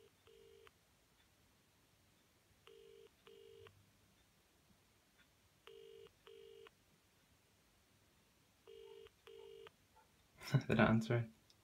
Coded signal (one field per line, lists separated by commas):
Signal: telephone call progress tone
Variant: UK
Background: speech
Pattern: ringback tone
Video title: 1980 Ivory GPO 741 Wall Mounted Telephone